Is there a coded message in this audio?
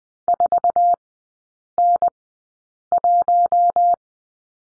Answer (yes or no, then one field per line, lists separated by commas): yes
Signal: Morse code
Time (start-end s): 0.3-3.9 s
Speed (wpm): 20 wpm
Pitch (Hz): 700 Hz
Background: none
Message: 4N1